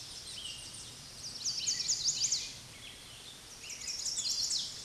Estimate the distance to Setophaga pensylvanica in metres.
about 20 m